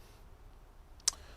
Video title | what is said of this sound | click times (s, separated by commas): 2016 Airstream Interstate - Video tour with Tom | um so that even if something inside slides out or rolls and hits the inside of the door this isn't going to swing open | 1.0 s, 1.1 s